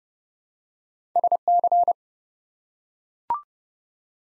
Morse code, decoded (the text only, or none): SC